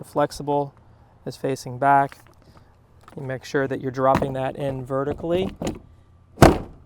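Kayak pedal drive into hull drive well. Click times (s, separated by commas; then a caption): 6.4 s. Someone talks while a pedal drive, with the rigid part of its fin facing forward and the flexible part facing back, is dropped vertically into the hull drive well of a Hobie Island series sailing kayak. A single sharp thunk at 6.4 s marks the drive latching automatically and locking in place.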